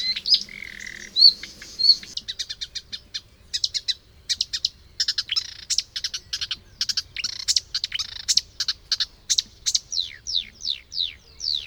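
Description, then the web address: Marsh warbler song: a fast, varied stream of sharp chips, ticks and short trills, with brief pauses and quick changes of phrase, ending in a run of rapid down-slurred notes. "chant didier collin rousserolle verderolle"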